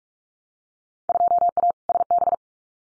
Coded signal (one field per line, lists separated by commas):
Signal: Morse code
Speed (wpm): 46 wpm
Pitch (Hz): 700 Hz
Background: none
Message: 2A SB